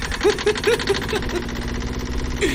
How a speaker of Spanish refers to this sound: ¡Arranca el tractor!